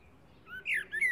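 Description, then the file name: Common blackbird: a brief fragment of two or three mellow whistled notes, slightly wavering. "Turdus merula"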